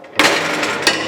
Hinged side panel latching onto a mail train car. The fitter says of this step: Locks into place just there.